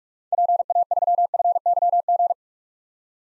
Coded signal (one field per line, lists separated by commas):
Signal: Morse code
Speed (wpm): 44 wpm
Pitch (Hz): 700 Hz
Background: none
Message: PA3FYG